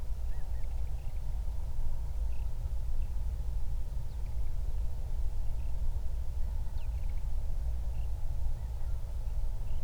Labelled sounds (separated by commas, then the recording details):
songbird, wind
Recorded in the Prudhoe Bay oil fields, Alaska, on 31 July 2019 at 08:41
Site 24